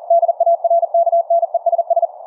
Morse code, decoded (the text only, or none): DARKNESS